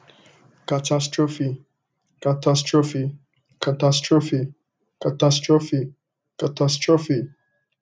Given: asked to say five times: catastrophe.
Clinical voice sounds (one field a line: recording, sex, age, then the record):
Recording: repeated word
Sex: male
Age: 40 to 49 years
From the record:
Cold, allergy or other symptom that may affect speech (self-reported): no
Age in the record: 45 years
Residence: California, United States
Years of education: 16